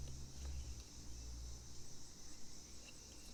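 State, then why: Not seated. A plastic LED shadow light housing is pushed into the door trim panel opening of a 2021 Dodge Charger R/T Plus, but no click is heard and it has not seated. Only a low rumble and a steady high-pitched hiss are heard.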